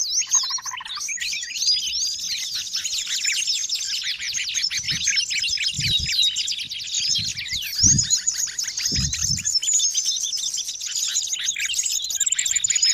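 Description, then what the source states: Bird chorus: many high, rapid chirps and twitters packed together continuously, with a few soft low thumps beneath. Noisy birds, used as a lure to attract wild birds.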